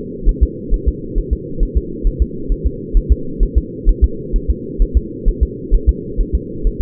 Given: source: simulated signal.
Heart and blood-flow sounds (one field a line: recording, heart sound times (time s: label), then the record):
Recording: fetal heart sounds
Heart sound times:
0.29 s: S1
0.43 s: S2
0.74 s: S1
0.88 s: S2
1.18 s: S1
1.33 s: S2
1.63 s: S1
1.77 s: S2
2.07 s: S1
2.22 s: S2
2.52 s: S1
2.67 s: S2
2.97 s: S1
3.12 s: S2
3.43 s: S1
3.58 s: S2
3.89 s: S1
4.04 s: S2
4.36 s: S1
4.50 s: S2
4.82 s: S1
4.97 s: S2
5.28 s: S1
5.43 s: S2
5.74 s: S1
5.89 s: S2
6.20 s: S1
6.35 s: S2
6.67 s: S1
6.82 s: S2
From the record:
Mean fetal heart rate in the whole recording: 130 bpm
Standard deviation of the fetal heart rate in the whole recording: 4 bpm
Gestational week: 38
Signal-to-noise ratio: -4.3 dB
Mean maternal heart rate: 72 bpm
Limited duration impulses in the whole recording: absent